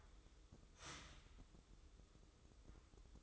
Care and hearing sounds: daily activity, microphone in the room; start toaster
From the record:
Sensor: 3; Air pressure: 995.2 hPa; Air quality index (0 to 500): 74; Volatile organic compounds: 5 ppm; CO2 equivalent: 1725 ppm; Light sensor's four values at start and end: 18/55/23/20 and 18/55/23/20

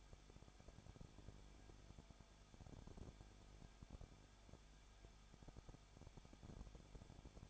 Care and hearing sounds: daily activity, microphone in the room; no activity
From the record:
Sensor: 5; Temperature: 20.9 degrees Celsius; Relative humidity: 35.1%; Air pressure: 994.7 hPa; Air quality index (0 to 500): 153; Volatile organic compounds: 2 ppm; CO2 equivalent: 1280 ppm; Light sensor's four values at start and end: 2/3/1/1 and 2/3/1/1

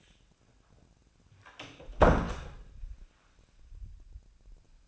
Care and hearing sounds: daily activity, microphone in the room; close door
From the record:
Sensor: 2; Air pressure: 1009.1 hPa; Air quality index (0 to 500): 188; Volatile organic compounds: 3 ppm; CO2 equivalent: 1362 ppm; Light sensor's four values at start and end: 31/82/35/37 and 31/82/35/37

